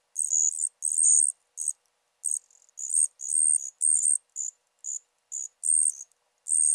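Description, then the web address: Allard's ground cricket song: high, shrill trilled bursts of uneven length, starting and stopping irregularly with short silent gaps between them. "Crickets and Katydids. Allard's Ground Cricket, Allonemobius allardi"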